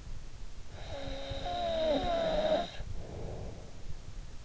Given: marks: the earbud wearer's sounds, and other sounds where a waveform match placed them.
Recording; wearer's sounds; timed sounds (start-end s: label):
sounds in sleep by an in-ear microphone; snoring breath
0.37-4.26 s: snoring breath